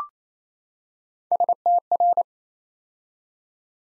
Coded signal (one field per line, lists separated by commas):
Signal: Morse code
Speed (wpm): 29 wpm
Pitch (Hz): 700 Hz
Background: none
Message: STR